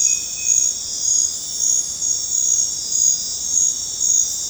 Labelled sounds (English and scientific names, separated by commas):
none